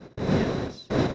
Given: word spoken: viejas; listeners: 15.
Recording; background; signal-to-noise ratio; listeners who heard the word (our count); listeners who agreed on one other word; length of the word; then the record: one Spanish word in noise, from a listening test; noise modulated by one talker; -10.1 dB; 0 of 15; 10 of 15; 0.75 s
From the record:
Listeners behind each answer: 10, 2, 1, 1, 1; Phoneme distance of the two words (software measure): 27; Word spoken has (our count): 2 syllables, 6 phonemes, stress on syllable 1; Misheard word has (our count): 2 syllables, 7 phonemes, stress on syllable 1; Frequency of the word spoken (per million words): 24.97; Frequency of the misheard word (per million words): 83.83